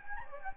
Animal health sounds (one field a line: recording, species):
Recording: mosquito wingbeat signal from an infrared sensor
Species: Anopheles gambiae